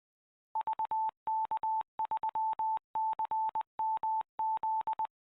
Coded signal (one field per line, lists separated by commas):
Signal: Morse code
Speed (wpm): 20 wpm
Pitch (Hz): 880 Hz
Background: none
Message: VK3CMZ